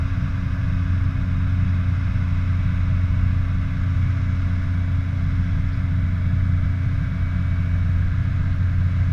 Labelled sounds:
machinery
flare stack
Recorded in the Prudhoe Bay oil fields, Alaska, on 16 August 2019 at 01:48
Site 29

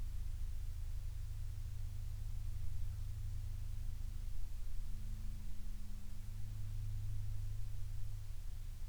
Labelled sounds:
aircraft
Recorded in the Prudhoe Bay oil fields, Alaska, on 12 August 2019 at 15:59
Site 11

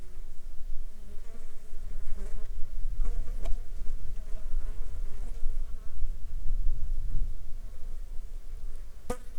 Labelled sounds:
insects
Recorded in the Arctic National Wildlife Refuge, Alaska, on 7 July 2019 at 19:01
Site 35

